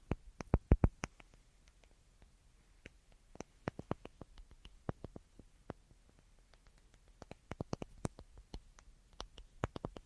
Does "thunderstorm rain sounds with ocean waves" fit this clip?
no